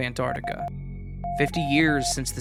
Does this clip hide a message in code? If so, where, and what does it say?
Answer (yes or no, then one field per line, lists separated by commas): yes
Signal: Morse code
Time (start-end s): 0.3-2.1 s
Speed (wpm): 15 wpm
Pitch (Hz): 700 Hz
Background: speech, music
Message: SO